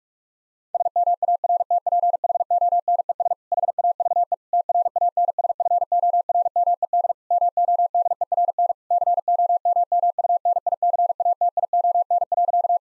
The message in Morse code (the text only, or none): SMARTPHONES HAVE TRANSFORMED MODERN COMMUNICATION.